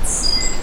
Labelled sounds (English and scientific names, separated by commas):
Stitchbird (Notiomystis cincta) song